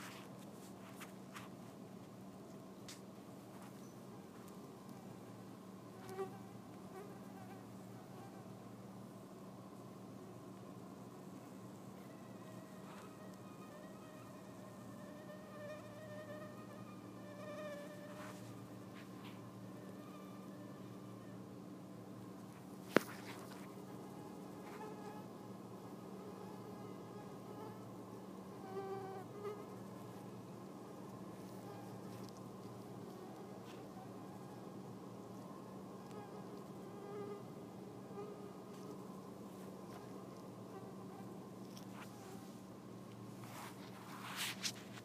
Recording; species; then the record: mosquito flight sound by mobile phone; Anopheles freeborni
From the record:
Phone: iPhone 4S